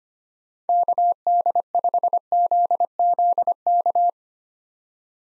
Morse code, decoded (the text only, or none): KD5ZZK